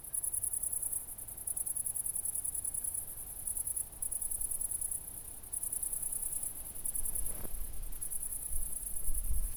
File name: City Country Me Brandenburg Kirchmoeser Nordring Grillen 201408040053 OLBIN